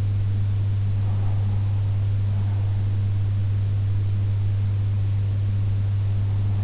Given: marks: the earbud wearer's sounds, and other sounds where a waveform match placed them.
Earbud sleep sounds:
sounds in sleep by an in-ear microphone; breath
0.67-2.67 s: breath

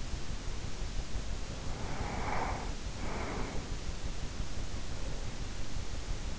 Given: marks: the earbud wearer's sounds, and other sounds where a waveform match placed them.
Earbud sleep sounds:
sounds in sleep by an in-ear microphone; breath
1.52-3.86 s: breath

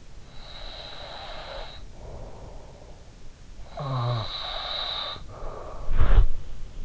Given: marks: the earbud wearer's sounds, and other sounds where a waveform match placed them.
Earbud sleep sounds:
sounds in sleep by an in-ear microphone; snoring breath, body movement
0.45-3.17 s: snoring breath
3.72-5.93 s: snoring breath
5.73-6.85 s: body movement

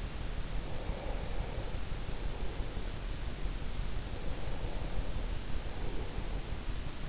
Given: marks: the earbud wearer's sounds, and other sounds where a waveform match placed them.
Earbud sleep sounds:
sounds in sleep by an in-ear microphone; breath
0.61-3.04 s: breath
4.23-6.46 s: breath

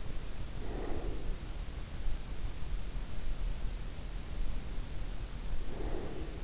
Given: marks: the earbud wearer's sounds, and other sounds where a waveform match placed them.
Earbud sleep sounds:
sounds in sleep by an in-ear microphone; breath
0.60-1.44 s: breath
5.67-6.44 s: breath

